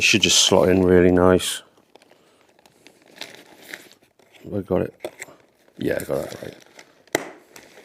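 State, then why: Seated. Someone talks as a rechargeable battery pack is slid into the battery bay of an electric tent inflation pump, with faint scraping and ticking sounds as it goes in. The pack is pushed until it locks with a sharp, loud click at 7.2 s, and it is seated.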